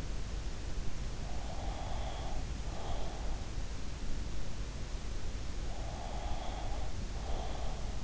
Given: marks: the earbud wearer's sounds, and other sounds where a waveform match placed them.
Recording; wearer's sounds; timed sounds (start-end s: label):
sounds in sleep by an in-ear microphone; breath
1.16-3.58 s: breath
5.68-8.04 s: breath